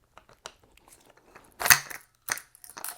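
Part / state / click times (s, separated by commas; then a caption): curl bar half pushed into the other half of a collapsible curl bar / not seated / none. Two halves of a Bodylastics collapsible resistance-band curl bar are pushed together with the inner chain tucked inside. Faint scattered taps give way to louder crunchy, rattling bursts around 1.7 s and 2.3 s, with more scraping near the end. The joint does not lock, and nothing has clicked or seated yet.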